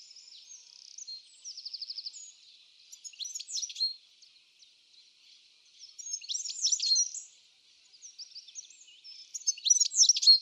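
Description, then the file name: European goldfinch giving bursts of high, tinkling twitters and short buzzy trills, separated by brief pauses, in a quiet background. "Carduelis carduelis"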